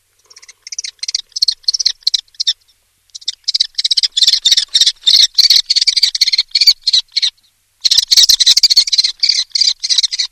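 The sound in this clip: Common Kestrel giving a rapid, harsh kee-kee-kee series of shrill notes in bursts with short pauses between.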